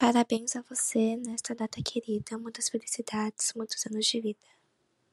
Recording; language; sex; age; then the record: short text; Brazilian Portuguese; female; 20 to 29 years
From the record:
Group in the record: control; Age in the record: 20 years